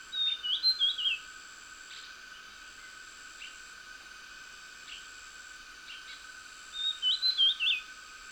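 Dusky fulvetta giving two brief high wavering phrases, one at the start and one near the end, with faint soft chips between and constant background hum.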